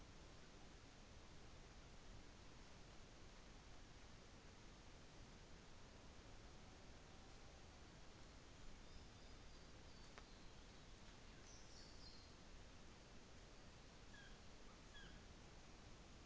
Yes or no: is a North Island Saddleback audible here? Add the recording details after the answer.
no. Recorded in New Zealand on 24 December 2018. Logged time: 13:40